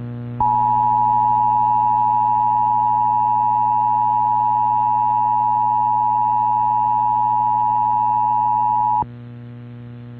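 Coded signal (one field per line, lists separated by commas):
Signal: Emergency Alert System (SAME) tones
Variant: 853 and 960 Hz attention tone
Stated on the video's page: SAME tones of a failed monthly test on WJBR 99.5 MHz, 50 kW, recorded via stream.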